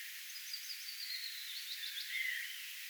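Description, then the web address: Willow warbler singing faintly, a short falling cascade of soft notes against a hissing background. 10 May 2025; the bird comes gradually closer while singing and ends right beside the recorder. "paivat 10 5 2025 pajulintu tulee vahitellen lahemmaksi laulamaan ja on lopuksi aivan vierella"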